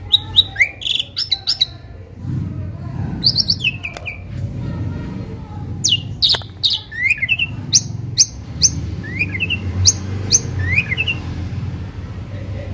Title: Masteran Jalak Suren Atasi Burung KURANG GACOR Dan LOYO